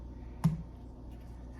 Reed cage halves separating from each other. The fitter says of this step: and you can heard it as you heard it popped and it doesn't take a lot of pressure